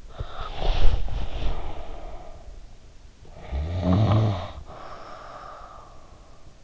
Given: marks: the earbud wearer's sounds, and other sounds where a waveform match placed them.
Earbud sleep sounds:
sounds in sleep by an in-ear microphone; snoring breath
0.00-2.69 s: snoring breath
3.28-6.33 s: snoring breath

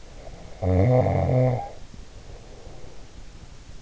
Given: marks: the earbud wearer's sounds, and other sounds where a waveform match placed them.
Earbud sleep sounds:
sounds in sleep by an in-ear microphone; snoring breath
0.15-3.15 s: snoring breath

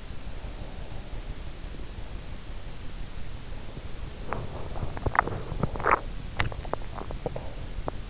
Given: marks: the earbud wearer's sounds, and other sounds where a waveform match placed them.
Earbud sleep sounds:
sounds in sleep by an in-ear microphone; teeth grinding
4.19-8.10 s: teeth grinding

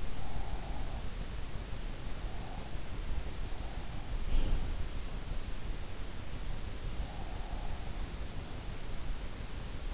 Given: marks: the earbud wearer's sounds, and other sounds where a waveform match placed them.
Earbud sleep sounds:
sounds in sleep by an in-ear microphone; breath, teeth grinding
0.00-1.39 s: breath
4.17-4.85 s: teeth grinding
6.98-7.80 s: breath

